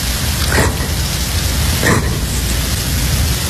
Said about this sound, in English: Oh, God, it's raining again.